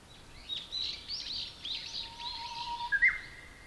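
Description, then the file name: Bush warbler song with a level whistled note that ends in a quick, sharp, higher burst, while other small birds chatter busily. Recorded in April 2007. "bushwarbler-200704"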